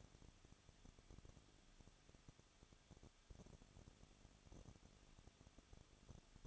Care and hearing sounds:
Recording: daily activity, microphone in the room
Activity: no activity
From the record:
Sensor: 4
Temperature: 23.1 degrees Celsius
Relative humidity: 34.3%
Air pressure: 1007.2 hPa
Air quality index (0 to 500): 216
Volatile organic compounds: 15 ppm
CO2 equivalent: 2495 ppm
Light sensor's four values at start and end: 2/3/1/1 and 2/3/1/1

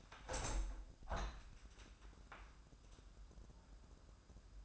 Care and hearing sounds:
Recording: daily activity, microphone in the room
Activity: open window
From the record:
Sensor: 2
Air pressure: 998.4 hPa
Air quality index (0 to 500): 138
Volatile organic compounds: 4 ppm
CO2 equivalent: 1562 ppm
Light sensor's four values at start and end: 7/17/7/8 and 7/17/7/8

